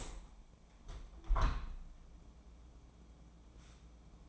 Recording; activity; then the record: daily activity, microphone in the room; open window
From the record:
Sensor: 1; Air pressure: 1012.4 hPa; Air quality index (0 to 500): 169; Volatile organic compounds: 3 ppm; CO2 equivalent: 1379 ppm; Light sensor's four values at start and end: 149/333/147/154 and 151/338/149/156